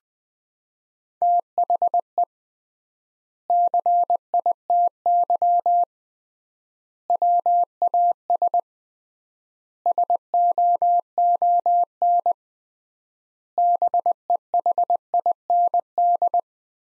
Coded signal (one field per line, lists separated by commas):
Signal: Morse code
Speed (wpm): 20 wpm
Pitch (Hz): 700 Hz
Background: none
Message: THE CITY WAS SOON BEHIND